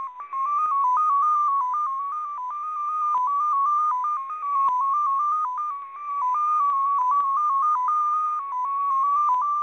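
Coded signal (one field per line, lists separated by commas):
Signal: multi-tone FSK (Olivia or MFSK type)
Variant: XPA2, 14-tone MFSK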